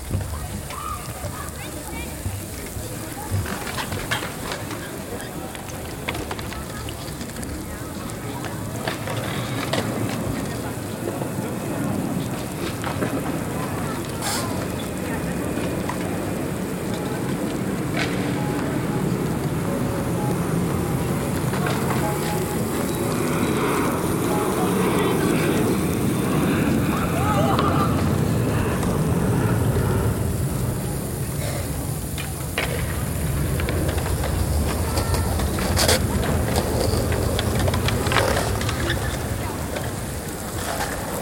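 Soundscape at the Liberation Monument on Landhausplatz in Innsbruck: a steady low traffic rumble and murmur, with occasional brief clicks and knocks.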